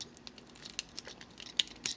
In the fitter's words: like so and they'll lock into place there